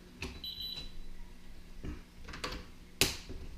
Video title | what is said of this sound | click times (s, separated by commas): AT&T ALARM | you should hear it clicks if you click like that that means it's on and | 3.0 s